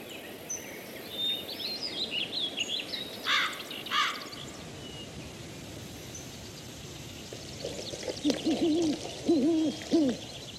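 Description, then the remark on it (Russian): Birds calling outdoors in the morning over a steady rustling background: bright, high chirps and trills in the first few seconds, then a run of lower, repeated hooting calls toward the end. “Уже утро. Джонни закрывал глаз. На улице птицы.”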